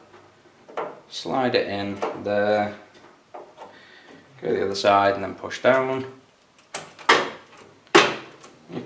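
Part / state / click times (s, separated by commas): memory stick into motherboard slot / seated / 6.8 s, 7.1 s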